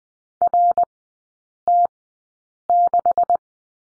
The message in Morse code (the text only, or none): RT6